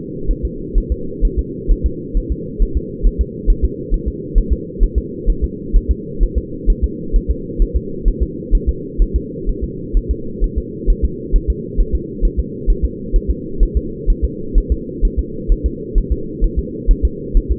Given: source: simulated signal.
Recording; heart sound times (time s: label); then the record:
fetal heart sounds
0.31 s: S1
0.45 s: S2
0.78 s: S1
0.92 s: S2
1.25 s: S1
1.39 s: S2
1.71 s: S1
1.86 s: S2
2.17 s: S1
2.32 s: S2
2.62 s: S1
2.77 s: S2
3.07 s: S1
3.21 s: S2
3.50 s: S1
3.65 s: S2
3.94 s: S1
4.08 s: S2
4.38 s: S1
4.53 s: S2
4.83 s: S1
4.98 s: S2
5.30 s: S1
5.44 s: S2
5.76 s: S1
5.91 s: S2
6.23 s: S1
6.38 s: S2
6.70 s: S1
6.84 s: S2
7.16 s: S1
7.30 s: S2
7.62 s: S1
7.77 s: S2
8.08 s: S1
8.22 s: S2
8.55 s: S1
8.69 s: S2
9.02 s: S1
9.16 s: S2
9.49 s: S1
9.64 s: S2
9.97 s: S1
10.11 s: S2
10.44 s: S1
10.58 s: S2
10.90 s: S1
11.05 s: S2
11.36 s: S1
11.50 s: S2
11.80 s: S1
11.95 s: S2
12.25 s: S1
12.39 s: S2
12.70 s: S1
12.85 s: S2
13.16 s: S1
13.30 s: S2
13.63 s: S1
13.77 s: S2
14.10 s: S1
14.25 s: S2
14.58 s: S1
14.72 s: S2
15.05 s: S1
15.19 s: S2
15.52 s: S1
15.66 s: S2
15.98 s: S1
16.12 s: S2
16.44 s: S1
16.59 s: S2
16.91 s: S1
17.05 s: S2
17.37 s: S1
17.52 s: S2
From the record:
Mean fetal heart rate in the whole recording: 130 bpm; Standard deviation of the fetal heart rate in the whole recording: 4 bpm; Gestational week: 38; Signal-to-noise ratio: -4.3 dB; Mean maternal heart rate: 72 bpm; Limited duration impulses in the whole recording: absent